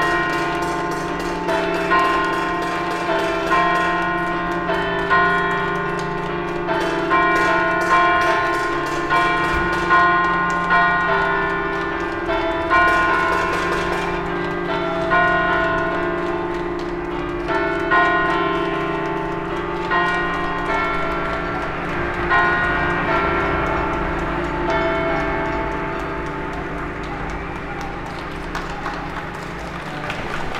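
Residents at balconies and windows keep up a dense, steady metallic clanging, like pots and bells struck over and over, with ringing tones hanging between the rapid, irregular hits. The din echoes along the street and eases slightly toward the end.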